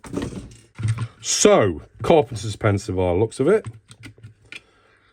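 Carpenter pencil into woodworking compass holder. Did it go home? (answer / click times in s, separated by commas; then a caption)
yes / 4.5 s. Someone talks while a carpenter pencil, not yet sharpened, is pushed into the holder of a large woodworking compass, likely plastic, with a few light taps and knocks. It snaps into place with a sharp click at 4.5 seconds, seated firmly in the holder.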